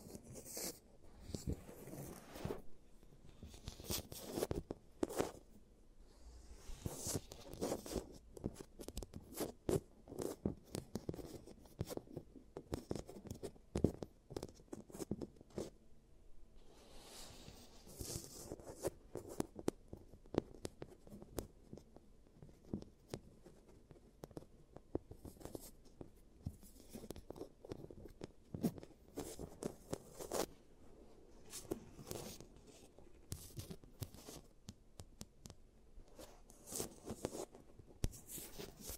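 A giant teeth treatment for fixing cavities, heard as a busy stream of scratching, scraping and tapping sounds. Short crisp bursts come rapidly and unevenly for the whole stretch, some sharper and louder than others, with a soft low rumble under them and faint voice-like murmurs.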